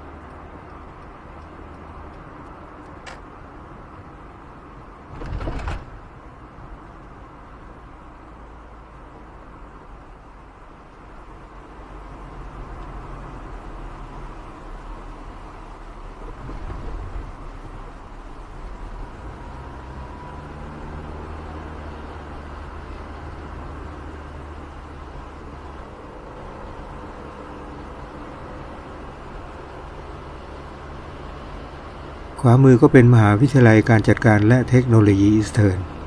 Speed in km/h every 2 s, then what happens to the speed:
60, 57, 54, 51, 48, 45, 38, 33, 31, 30, 34, 36, 35, 34, 33, 33, 34, 35.
0-17 slows to 30. 21-36 steady at about 34.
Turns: none.